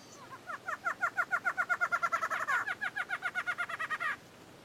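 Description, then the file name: Barred antshrike song: a rapid series of nasal notes, speeding up and ending in a longer final note, about three and a half seconds. "Canto do choca barrada"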